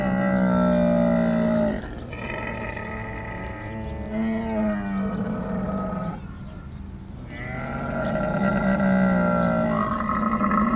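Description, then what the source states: Camel vocalizing in long harmonic groans and bellows, with a quieter break before more drawn-out bellowing. Camels at a camel farm in Bahrain, February 27, 2016.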